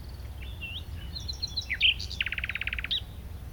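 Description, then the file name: Common nightingale with soft high twitters leading into a loud note and a fast, even trill of about a dozen ringing notes, over low background noise. "Luscinia megarhynchos"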